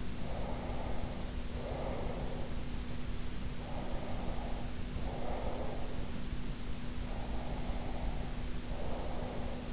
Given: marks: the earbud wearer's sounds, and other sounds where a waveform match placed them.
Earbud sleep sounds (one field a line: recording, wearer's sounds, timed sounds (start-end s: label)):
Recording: sounds in sleep by an in-ear microphone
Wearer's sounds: breath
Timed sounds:
0.17-2.75 s: breath
3.55-6.25 s: breath
6.99-9.73 s: breath